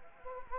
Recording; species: mosquito wingbeat signal from an infrared sensor; Anopheles gambiae